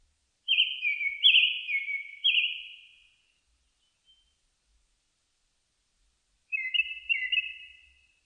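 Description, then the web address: Japanese thrush delivering a phrase of three loud, down-slurred whistles, then a pause of a few seconds before another phrase of whistled notes. Recorded 4 May 2001. "2001 010504 kurotugumi"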